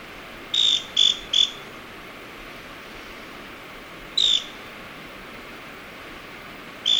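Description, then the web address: Scale-crested pygmy-tyrant song: three quick, sharp buzzy notes, then single notes a few seconds apart, over constant background hiss. Recorded in Ecuador. "Natures Songs S America Birds of Ecuador Scale-crested Pygmy-Tyrant"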